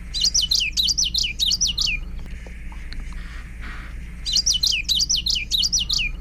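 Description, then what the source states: Common yellowthroat song: two bursts of rapid, repeated high 'witchity' phrases, separated by a pause. Song described as 'witchity witchity'.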